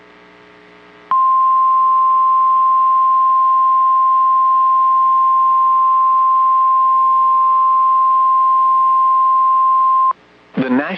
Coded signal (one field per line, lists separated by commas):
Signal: Emergency Alert System (SAME) tones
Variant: 1050 Hz attention tone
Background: speech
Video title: EAS Alerts from 3/4/2025 (Severe Thunderstorms, Tornadoes and a High Wind Warning!)